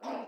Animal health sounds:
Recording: pig call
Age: piglet (1 to 25 days)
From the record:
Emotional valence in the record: negative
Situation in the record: restrain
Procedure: in the arms of a person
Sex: female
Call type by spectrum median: low-frequency call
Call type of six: low-frequency stable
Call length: 0.28 s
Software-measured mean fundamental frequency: 67 Hz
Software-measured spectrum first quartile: 422 Hz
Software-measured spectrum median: 665 Hz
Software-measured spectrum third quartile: 977 Hz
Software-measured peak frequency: 628 Hz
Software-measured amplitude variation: 114 dB a second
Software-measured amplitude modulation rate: 19.7 a second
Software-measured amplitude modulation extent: 5.8 dB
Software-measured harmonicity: 1.2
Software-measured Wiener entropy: -0.38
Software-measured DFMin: 1433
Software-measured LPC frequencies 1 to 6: 667, 2605, 3628, 4894, 5630, 7958 Hz

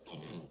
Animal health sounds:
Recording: pig call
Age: piglet (1 to 25 days)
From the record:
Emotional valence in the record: negative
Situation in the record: castration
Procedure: castration, shear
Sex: male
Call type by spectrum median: low-frequency call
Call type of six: low-frequency tonal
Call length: 0.51 s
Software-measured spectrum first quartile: 284 Hz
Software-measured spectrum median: 1041 Hz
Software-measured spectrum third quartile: 4842 Hz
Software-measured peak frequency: 160 Hz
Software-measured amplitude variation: 148 dB a second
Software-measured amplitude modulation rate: 16.7 a second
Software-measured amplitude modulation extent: 8.9 dB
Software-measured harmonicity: 2.0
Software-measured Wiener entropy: -2.65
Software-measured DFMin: 966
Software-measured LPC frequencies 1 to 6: 2390, 3223, 4023, 5051, 6125, 7119 Hz

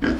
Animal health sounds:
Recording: pig call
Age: growing-finishing pig (85 days or more)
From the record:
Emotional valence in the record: negative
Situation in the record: barren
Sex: male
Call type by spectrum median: low-frequency call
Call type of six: low-frequency stable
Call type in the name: low-frequency stable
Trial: 2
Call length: 0.19 s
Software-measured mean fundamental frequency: 58 Hz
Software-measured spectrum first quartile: 259 Hz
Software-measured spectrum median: 447 Hz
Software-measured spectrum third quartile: 1436 Hz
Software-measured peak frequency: 275 Hz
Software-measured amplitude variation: 126 dB a second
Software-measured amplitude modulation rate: 12.9 a second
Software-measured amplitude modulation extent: 9.7 dB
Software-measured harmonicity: 3.4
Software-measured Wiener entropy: -1.92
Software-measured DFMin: 1580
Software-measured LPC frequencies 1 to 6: 330, 1576, 3076, 5052, 5674, 6645 Hz

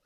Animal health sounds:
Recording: pig call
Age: piglet (1 to 25 days)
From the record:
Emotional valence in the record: positive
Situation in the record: reunion after long isolation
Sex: male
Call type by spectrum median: high-frequency call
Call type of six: low-frequency tonal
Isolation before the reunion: 8 minutes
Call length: 0.06 s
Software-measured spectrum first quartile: 733 Hz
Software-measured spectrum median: 2806 Hz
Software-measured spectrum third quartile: 9633 Hz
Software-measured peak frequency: 494 Hz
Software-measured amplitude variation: 19 dB a second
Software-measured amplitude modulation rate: 8.1 a second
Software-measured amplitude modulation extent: 2.3 dB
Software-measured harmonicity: 1.3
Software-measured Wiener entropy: -1.59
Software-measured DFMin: 845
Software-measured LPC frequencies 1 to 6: 574, 1428, 3001, 4034, 5188, 5962 Hz

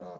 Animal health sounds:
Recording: pig call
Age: piglet (1 to 25 days)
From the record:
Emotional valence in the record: negative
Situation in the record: long isolation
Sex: female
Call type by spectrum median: low-frequency call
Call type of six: low-frequency stable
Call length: 0.20 s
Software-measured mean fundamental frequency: 56 Hz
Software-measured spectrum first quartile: 355 Hz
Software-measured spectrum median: 540 Hz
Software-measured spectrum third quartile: 721 Hz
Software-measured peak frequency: 527 Hz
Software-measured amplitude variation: 87 dB a second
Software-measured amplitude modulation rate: 22.8 a second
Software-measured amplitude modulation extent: 3.8 dB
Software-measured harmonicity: 0.9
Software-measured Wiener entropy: -0.06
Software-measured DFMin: 1138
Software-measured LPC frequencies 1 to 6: 593, 3916, 5450, 6278, 7777, 8621 Hz

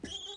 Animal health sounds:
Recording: pig call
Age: piglet (1 to 25 days)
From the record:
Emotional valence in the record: negative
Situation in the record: long isolation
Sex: female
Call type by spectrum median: high-frequency call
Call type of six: high-frequency stable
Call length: 0.37 s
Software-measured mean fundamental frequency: 341 Hz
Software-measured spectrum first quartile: 417 Hz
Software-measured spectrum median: 2624 Hz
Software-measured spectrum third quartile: 3565 Hz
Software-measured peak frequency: 3185 Hz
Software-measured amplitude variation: 174 dB a second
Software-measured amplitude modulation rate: 17.7 a second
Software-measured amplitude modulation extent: 9.9 dB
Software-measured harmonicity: 10.2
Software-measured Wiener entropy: -2.94

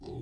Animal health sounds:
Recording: pig call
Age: weaner (32 to 43 days)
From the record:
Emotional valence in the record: positive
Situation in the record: positive conditioning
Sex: female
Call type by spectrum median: low-frequency call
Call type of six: low-frequency stable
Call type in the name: low-frequency stable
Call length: 0.22 s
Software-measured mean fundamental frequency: 58 Hz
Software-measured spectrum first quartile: 131 Hz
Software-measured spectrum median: 290 Hz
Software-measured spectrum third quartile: 469 Hz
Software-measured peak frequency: 358 Hz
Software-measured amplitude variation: 96 dB a second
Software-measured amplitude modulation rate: 27.7 a second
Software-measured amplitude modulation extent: 3.5 dB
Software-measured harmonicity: 0.0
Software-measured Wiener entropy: 0.08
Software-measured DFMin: 805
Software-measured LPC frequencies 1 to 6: 348, 774, 1942, 2703, 3488, 4117 Hz

